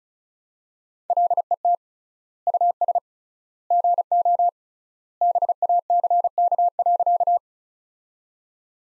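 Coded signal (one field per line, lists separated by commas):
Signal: Morse code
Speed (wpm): 36 wpm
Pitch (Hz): 700 Hz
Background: none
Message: LET US GO BACK.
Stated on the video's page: Morse sentences from the top 300 words, sent at 35 wpm with 3x standard word spacing, as practice.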